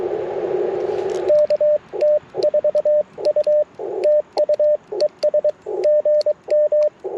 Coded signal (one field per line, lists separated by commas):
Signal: Morse code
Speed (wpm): 22 wpm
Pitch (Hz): 590 Hz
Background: radio noise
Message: KT4U TU ES GM